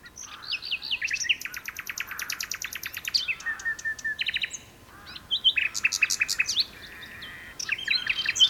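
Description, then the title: Common nightingale song: a long run of rapidly repeated notes, then short whistled phrases and sharp notes separated by pauses. Two birds singing a duet on Westleton Heath. "sanderson. nightingale duet on westleton heath"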